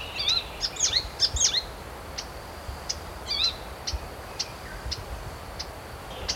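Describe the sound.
Blue-capped ifrit calls: short high whistled notes with downward and upward slurs in quick bursts, mixed with a run of sharp, thin ticks.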